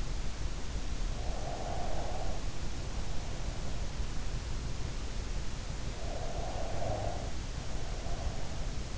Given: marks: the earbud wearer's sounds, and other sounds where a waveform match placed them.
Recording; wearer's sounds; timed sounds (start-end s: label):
sounds in sleep by an in-ear microphone; breath
0.67-4.24 s: breath
6.00-8.98 s: breath